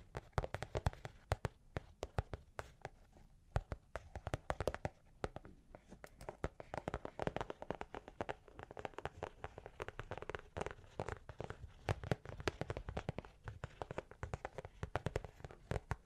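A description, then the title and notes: Long claws tap and scratch in a busy, irregular stream of sharp clicks, often several per second, with no steady rhythm. The taps come densely throughout, with brief quieter gaps near the middle, and a soft scraping hiss runs underneath between the strikes. Long Claws Tapping and Scratching (No Talking).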